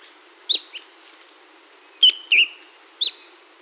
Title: LuckyPassaro Completos2Sama. Ferruginous Antbird (Drymophila ferruginea)